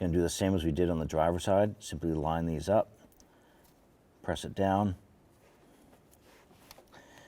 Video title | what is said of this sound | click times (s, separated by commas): How to Replace Intake Gasket Kit 2011-2018 Ram | you'll feel it and hear it lock in and then press your red lock tab in | 6.7 s